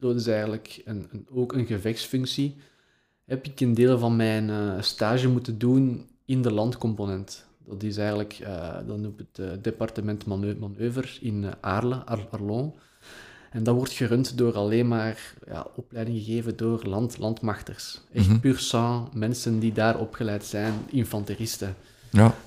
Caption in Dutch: De 28 jarige officier en flightcommandant bij het Belgische leger, praat eerlijk over zijn stotteren.